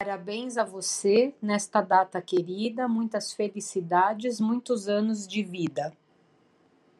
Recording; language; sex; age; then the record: short text; Brazilian Portuguese; female; 50 to 59 years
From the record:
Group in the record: control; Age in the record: 50 years